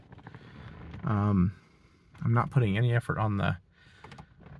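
Someone talks while handling the column shift lever of a SuperBurban, moving it up toward the park detent with no effort after the shifter cable's rusted sheath was repaired. Faint light clicks and taps sound under and between the talking, but nothing has seated or clicked into park yet.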